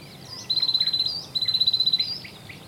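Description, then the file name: Great tit call in two rapid churring bursts of buzzy repeated notes with a high thin tone running through, the second burst following closely on the first; quiet background. "Parus major"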